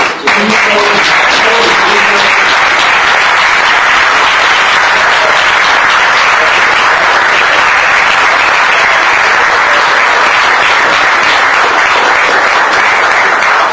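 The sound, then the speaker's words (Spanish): Sustained audience applause at the end of an event, thanking the team that made it possible: a dense crackle of many hands clapping at steady loudness for the whole stretch, with a brief voice at the very start before the clapping takes over. “Y yo quiero un aplauso”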